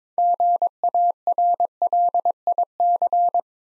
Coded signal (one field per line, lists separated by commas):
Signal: Morse code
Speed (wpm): 22 wpm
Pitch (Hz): 700 Hz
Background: none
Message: GARLIC